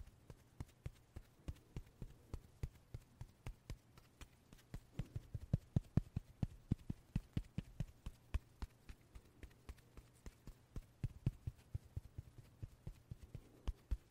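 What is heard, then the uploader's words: A quick series of short puffs repeats through the whole 14 seconds, about three or four per second in an uneven, trotting rhythm. They are loudest between roughly 5 and 8 seconds. A steady low hum sits underneath, and there is no talking. 말없이 퍼프 소리만, 가득 담아봤어요 puff sound no talking asmr.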